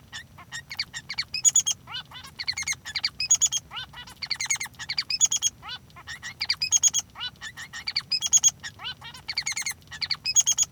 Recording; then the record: song of a male Bengalese finch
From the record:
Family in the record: son of father 3